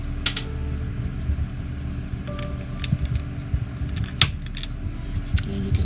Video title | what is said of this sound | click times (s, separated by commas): AGORA Models 1:200 Scale Build the RMS TITANIC Shipment - 11 (Build Video) | you can hear it snap into place and that's a good sound | 4.2 s